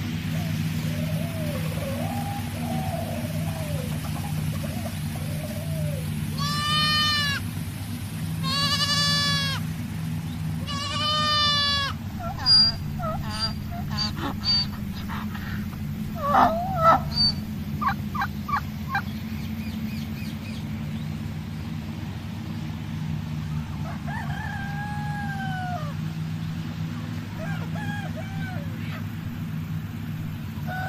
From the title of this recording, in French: A la ferme avec ses animaux